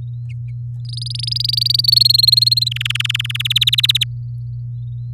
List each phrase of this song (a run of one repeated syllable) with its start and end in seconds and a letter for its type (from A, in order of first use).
0.85-1.90 A, 1.92-2.69 B, 2.71-3.42 C, 3.45-4.04 D